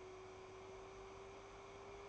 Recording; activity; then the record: daily activity, microphone in the room; make coffee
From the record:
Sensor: 1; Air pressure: 1014.7 hPa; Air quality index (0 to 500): 191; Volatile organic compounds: 27 ppm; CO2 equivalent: 2885 ppm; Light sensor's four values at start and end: 4/9/3/3 and 4/9/3/3